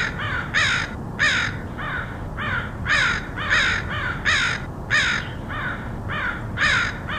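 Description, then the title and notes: Crow caws, loud rasping calls alternating with fainter ones from other birds, uneven rhythm, low rumble throughout. Crows recorded in Portland, Oregon, USA, in August 2003. "Crows of Portland. Crows recorded by Dan Bodah in Portland, OR, August 2003"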